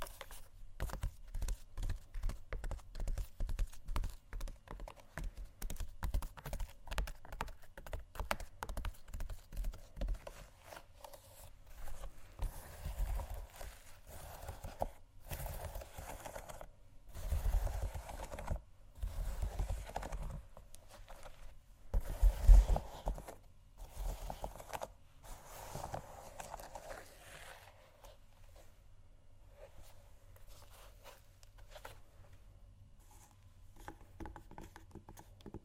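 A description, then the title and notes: Shoes scratch and tap in an irregular run of short, dry strokes, busy and dense through the first half. Heavier low thumps cluster around 17 and 22 seconds, the loudest near 22, then the scraping thins into sparser taps toward the end. ASMR Shoes Scratching & Tapping（No Talking）.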